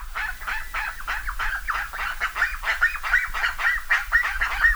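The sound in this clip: Bird calls, a dense chorus of harsh honking notes that overlap rapidly, several per second, with a low rumble underneath.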